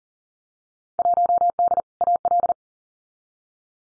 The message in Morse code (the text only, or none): 1D AL